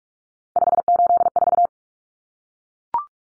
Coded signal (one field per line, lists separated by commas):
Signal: Morse code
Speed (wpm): 44 wpm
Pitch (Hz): 700 Hz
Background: none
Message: 584